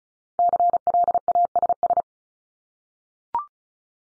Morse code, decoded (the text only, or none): CLASS